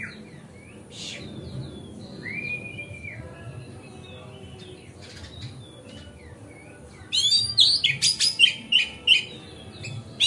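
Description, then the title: Oriental magpie-robin song: soft scattered whistles and a slurred note for several seconds, then a loud, fast burst of varied chirps, trills and clear whistled notes. Song-tutoring (masteran) recording made on a terrace. "Kacer Masteran Teras"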